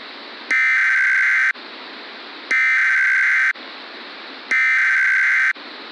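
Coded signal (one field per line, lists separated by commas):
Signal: Emergency Alert System (SAME) tones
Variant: header bursts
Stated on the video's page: Simulated nuclear winter EAS scenario.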